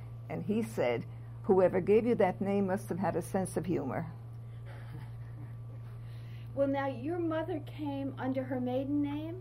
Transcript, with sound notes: And he said, "Whoever gave you that name must have had a sense of humor."
[Chuckles] Well, now, your mother came under her maiden name?